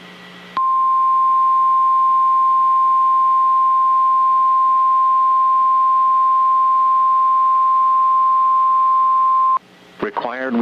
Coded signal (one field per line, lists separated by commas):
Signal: Emergency Alert System (SAME) tones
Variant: 1050 Hz attention tone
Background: speech